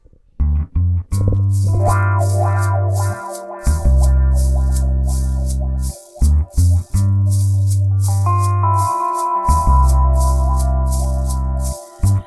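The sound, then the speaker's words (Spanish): A heavily distorted electronic music piece played as the musical theme on a radio programme, with thick, buzzing low synth bass in sustained blocks, broken by short gaps, plus a higher melodic line and pulsing upper texture. No voices. “Escuchamos el tema musical.”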